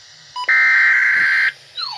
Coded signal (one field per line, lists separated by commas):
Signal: Emergency Alert System (SAME) tones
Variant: header bursts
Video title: Possible Double Header EAS #41 - 42 Severe Thunderstorm Warning